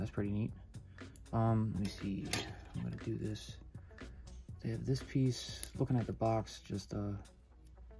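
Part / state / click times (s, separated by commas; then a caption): plastic accessory piece into toy playset socket / not seated / none. Someone talks while handling a small plastic accessory piece for a Bruder Toys bWorld Health Station 1:18 scale hospital playset, getting ready to push it into its socket on the playset, with music in the background. A few faint, brief handling taps come near 4.0, 4.3 and 7.7 seconds, but nothing has seated or clicked yet.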